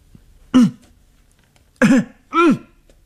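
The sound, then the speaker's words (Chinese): Three loud, harsh coughs, each a short burst, with a pause after the first and the last two closer together, standing alone against near silence. A person coughs loudly while walking along a corridor toward the stairs of a women's dormitory. “他咬着牙走过去，他大声的咳嗽。”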